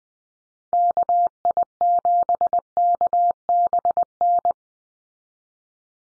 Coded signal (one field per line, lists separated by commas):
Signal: Morse code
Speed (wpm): 20 wpm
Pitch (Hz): 700 Hz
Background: none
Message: KI7KBN